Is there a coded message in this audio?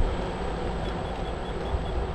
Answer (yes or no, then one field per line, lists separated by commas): no